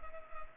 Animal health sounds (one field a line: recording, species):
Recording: mosquito wingbeat signal from an infrared sensor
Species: Culex pipiens